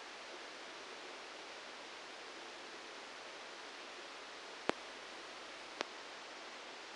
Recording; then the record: brain microelectrode recording played as sound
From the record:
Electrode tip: outside the subthalamic nucleus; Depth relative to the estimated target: -3 mm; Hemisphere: right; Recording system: NeuroSet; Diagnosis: Parkinson's disease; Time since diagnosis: 9 years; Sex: male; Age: 56 years